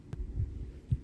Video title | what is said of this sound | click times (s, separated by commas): Assembling our Eleksmaker A3 Pro With a Bigger Frame | Pops into place. | 0.1 s